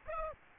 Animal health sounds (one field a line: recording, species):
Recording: mosquito wingbeat signal from an infrared sensor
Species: Aedes aegypti